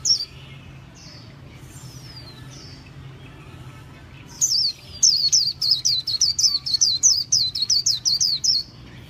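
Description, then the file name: White-eye: a few soft, thin notes, then from midway a lively series of loud, high, twisting chirps repeated quickly until the end, over faint hum. Song style called 'líu' in Vietnamese. "tieng khuyen liu"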